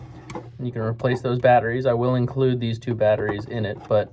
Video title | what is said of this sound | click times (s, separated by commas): RvB Agent Carolina Helmet for Theresa | and it'll come off. You'll hear a click | 0.3 s